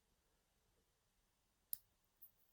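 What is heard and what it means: The winding crown of a Glycine Airman 44 GMT (GL0054) wristwatch is pulled all the way out of the case to the time-setting position for setting the standard time. A single short, sharp click sounds at 1.7 s as the crown detent moves into the setting position, followed by a fainter, softer high-pitched sound near 2.2 s. The crown is released into its time-setting position.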